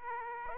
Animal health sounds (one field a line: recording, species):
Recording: mosquito wingbeat signal from an infrared sensor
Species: Aedes aegypti